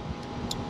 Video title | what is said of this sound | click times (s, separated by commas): Factory Solar Upgrade NoBo Travel Trailer - Custom Rhino Rack Mount | snaps into place that snaps into place | 0.5 s